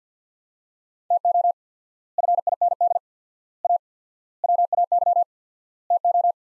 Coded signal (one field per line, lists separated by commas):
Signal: Morse code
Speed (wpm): 50 wpm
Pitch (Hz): 700 Hz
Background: none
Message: TO FIND A WAY TO